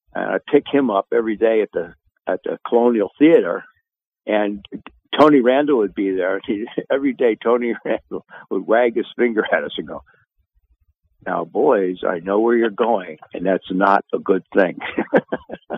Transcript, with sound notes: and I'd pick him up every day at the, at the Colonial Theater.
And Tony Randall would be there and he'd... (laughs) Every day, Tony Randall would wag his finger at us and go, "Now, boys, I know where you're going, and that's not a good thing."